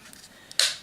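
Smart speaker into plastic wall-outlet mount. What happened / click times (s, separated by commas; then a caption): The device snapped into its plastic mount / 0.6 s. A small smart speaker is pushed into a plastic wall-outlet mount that holds its power plug. Two faint ticks come first, then a sharp, bright click at 0.6 s as it snaps into place and is seated.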